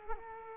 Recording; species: mosquito wingbeat signal from an infrared sensor; Culex quinquefasciatus